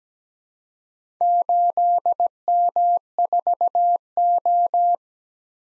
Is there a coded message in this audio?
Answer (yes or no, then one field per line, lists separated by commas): yes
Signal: Morse code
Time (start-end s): 1.2-5.0 s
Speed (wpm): 17 wpm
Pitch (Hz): 700 Hz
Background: none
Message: 8M4O